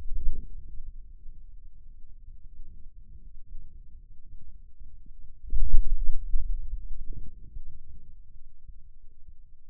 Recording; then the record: forearm muscle sounds (acoustic myography)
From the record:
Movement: hand closing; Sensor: system 2, bracelet of six BSWA MPA416 microphones around the upper forearm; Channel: 2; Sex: male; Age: 22 years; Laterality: right